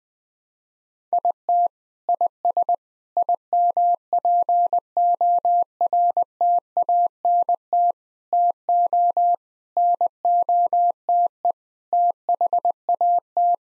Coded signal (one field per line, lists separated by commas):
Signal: Morse code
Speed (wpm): 20 wpm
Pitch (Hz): 700 Hz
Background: none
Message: IT IS IMPORTANT TO NOTE THAT